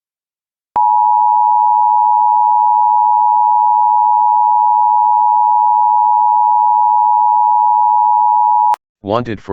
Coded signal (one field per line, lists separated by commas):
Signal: Emergency Alert System (SAME) tones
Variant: 853 and 960 Hz attention tone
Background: speech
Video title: EAS Blue Alert North Kansas City, Missouri (Armed/Dangerous Suspect)